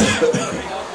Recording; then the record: coughing mixed with background sound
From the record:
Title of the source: Spring Cold Coughing.